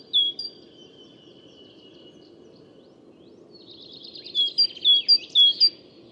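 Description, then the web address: Great tit: one whistled phrase, a long pause, then a buzzy churring passage followed by several quick high-low whistled phrases. "SETE data Parus major"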